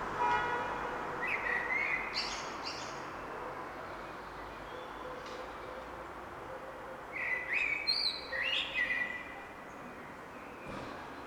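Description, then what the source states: Bird song: two bursts of bright chirping and twittering notes, one early and one after a pause, over steady traffic noise. Recorded on a back road in the city of Munich in spring.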